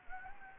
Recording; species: mosquito wingbeat signal from an infrared sensor; Anopheles gambiae